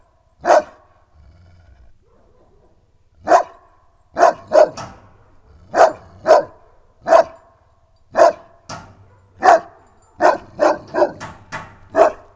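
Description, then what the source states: St. Bernard barks in a long uneven series, single woofs and quick doubles and triples, growing more frequent toward the end. Farmyard in Nagykőrös.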